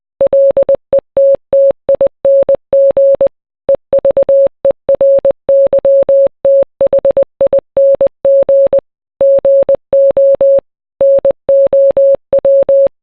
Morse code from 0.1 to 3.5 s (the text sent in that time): LETTING